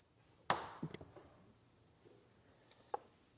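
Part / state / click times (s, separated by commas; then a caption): hidden door latch in a secret room wall / released / 0.5 s. A small concealed button is pressed, and the latch of a hidden door in a secret room wall releases with a sharp, loud click at 0.5 s, leaving the door unlatched. A few faint knocks follow around 0.8–1.0 s, then a quieter short tick at 2.9 s. The hidden room behind the door serves as a gun safe or storm shelter.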